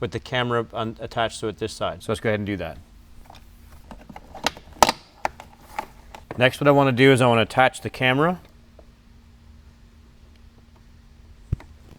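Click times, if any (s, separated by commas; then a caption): none. Someone talks while handling an Alpine dash camera for a 2007–2018 Jeep JK Wrangler, about to snap it onto its windshield mount. Several sharp small hits are heard between 4.5 and 5.8 seconds, followed by more talk and a few faint ticks near the end. The camera has not seated or clicked into the mount yet.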